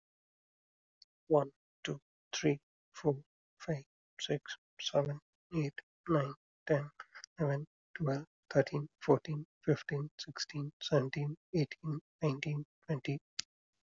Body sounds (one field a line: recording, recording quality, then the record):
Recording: counting at a normal pace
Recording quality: excellent, no background noise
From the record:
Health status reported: healthy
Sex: male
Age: 32 years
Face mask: not worn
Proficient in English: yes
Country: India